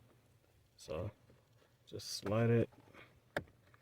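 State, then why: Seated. A replacement plastic retaining clip is slid onto the lip of a Toyota change box (coin tray) trim panel while someone talks. A sharp click at 3.4 seconds marks the clip snapping into place and seating.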